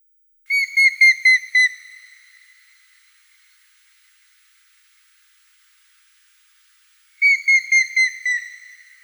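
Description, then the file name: Grey-headed woodpecker giving whistled calls: a short run of about six clear notes that fall slightly in pitch and trail off, then a second run begins after a gap. Russia. "Pticy Rossii - Sedoj dyatel Picus canus"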